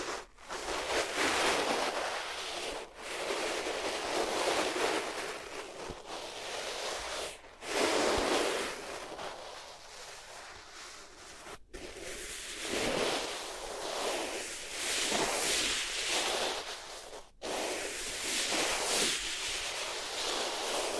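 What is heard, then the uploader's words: Close, muffled rubbing against the ears, a steady rough hiss that swells and fades in long strokes, bright and airy with little low end. The texture changes after brief near-silent breaks around 3, 7.5, 12 and 17 seconds, like a switch to another material. ASMR Sensitive Sleep Inducing Triggers Rubbing Your Ears on Different Materials (No Talking).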